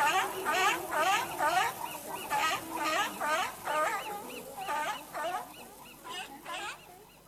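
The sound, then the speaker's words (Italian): A run of harsh, honking barks repeats in a steady rhythm, about a dozen calls in quick succession, raspy and fairly loud, like seals barking together. “anche le foche bevono Radio Wombat.”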